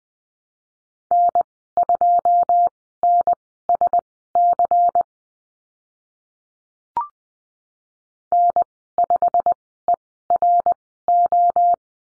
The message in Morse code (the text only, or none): N2NSC N5ERO